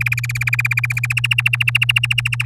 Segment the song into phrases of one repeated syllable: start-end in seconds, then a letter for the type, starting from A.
0.01-1.13 A, 1.17-2.45 B